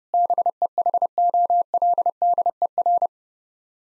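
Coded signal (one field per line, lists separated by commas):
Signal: Morse code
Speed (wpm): 32 wpm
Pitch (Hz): 700 Hz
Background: none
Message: BEHOLDER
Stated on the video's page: Head-copy drill of eight-word sets sent in Morse at 30 wpm, each set sent twice.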